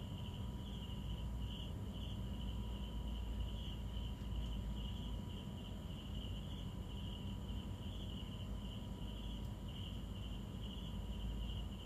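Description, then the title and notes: Insects calling together, a sustained high trill that wavers slightly in loudness, set against a dense low humming background. Insects calling at night in hot weather, darkness falling around 18.00, An Bang Beach, Hoi An, Vietnam, 2023; fans buzzing nearby. "An Bang Beach Sounds of Hoi An Vietnam 2023. Nightime singing hot Insects calling in the night hot, 18.00 hours darkness descends"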